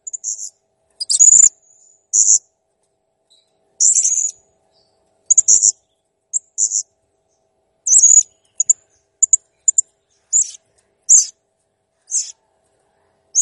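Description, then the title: Blue-crowned hanging parrot calling busily with shrill, very high squeaky notes and short buzzy bursts, some clustered, others isolated. Master recording for training cage birds; the bird is described as gacor (persistently vocal) and jernih (clear). "Masteran Burung Serindit Masteran Serindit Gacor Jernih"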